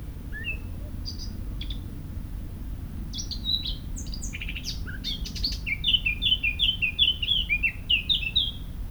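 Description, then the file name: Eurasian blackcap song opening with soft scratchy notes, building into a rapid warble, then a loud run of repeated fluty whistles, over low steady background rumble. "Sylvia atricapilla"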